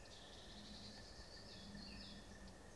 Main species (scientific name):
Parus major